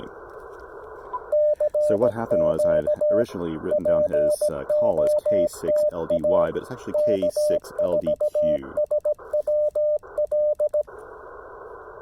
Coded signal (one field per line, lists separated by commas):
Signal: Morse code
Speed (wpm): 17 wpm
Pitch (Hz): 600 Hz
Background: speech, radio noise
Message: CQ POTA K4SWL